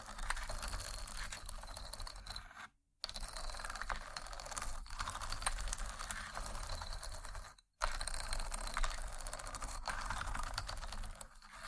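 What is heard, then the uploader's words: Wooden ASMR triggers: dense, rapid clicking and scratchy tapping runs continuously, broken by two brief silences near three and eight seconds. ASMR Wooden Triggers 1hour（No Talking）.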